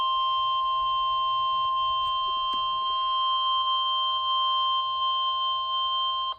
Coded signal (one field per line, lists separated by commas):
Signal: Emergency Alert System (SAME) tones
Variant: 1050 Hz attention tone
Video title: WXJ-46 Required Weekly Test (EAS #418)